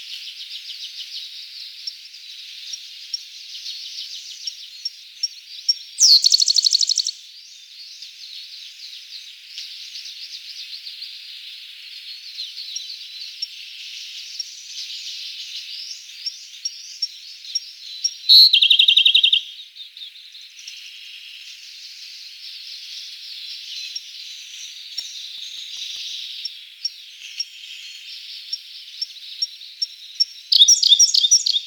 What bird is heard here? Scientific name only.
Luscinia cyane